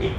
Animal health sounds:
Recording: contact call of a hoofed animal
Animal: pig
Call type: closed-mouth grunt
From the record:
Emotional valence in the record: positive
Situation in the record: food and toys in familiar pen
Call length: 0.18 s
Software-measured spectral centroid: 1710 Hz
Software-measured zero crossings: 1070 a second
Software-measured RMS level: -24 dBFS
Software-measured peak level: -13 dBFS

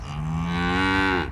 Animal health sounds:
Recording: contact call of a hoofed animal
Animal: cattle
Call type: low-frequency (closed-mouth) or high-frequency (open-mouth) call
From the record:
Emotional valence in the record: negative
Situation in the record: full separation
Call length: 1.32 s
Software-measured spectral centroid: 1840 Hz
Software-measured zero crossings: 1490 a second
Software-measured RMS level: -24 dBFS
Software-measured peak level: -9 dBFS

